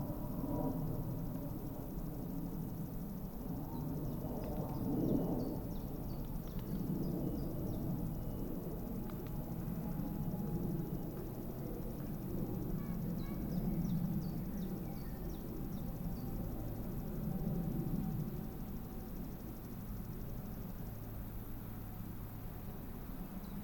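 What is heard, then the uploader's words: A summer meadow at a woodland edge, carried on a steady, thick low rumble like far-off traffic or wind that fills the whole stretch. Faint, quick bird chirps flicker above it now and then, clustering around five seconds and again near fourteen. Summer meadow woodland edge. We travelled into Hertfordshire (by train and on foot of course) to take this sound photograph from as near as possible to the Clinton Baker Pinetum one lunchtime last week.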